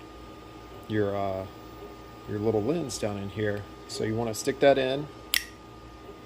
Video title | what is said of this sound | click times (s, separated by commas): Glowforge unboxing, detailed setup and tips. Intro tutorial to your first run and warranty info. | You can hear it click. | 5.3 s